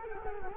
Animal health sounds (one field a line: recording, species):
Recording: mosquito wingbeat signal from an infrared sensor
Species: Culex quinquefasciatus